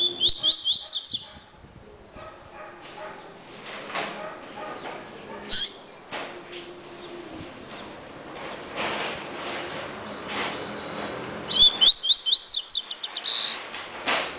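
Double-collared seedeater song: short bursts of rapid, high, slurred chirps at the start and again near the end, with faint scattered sounds between.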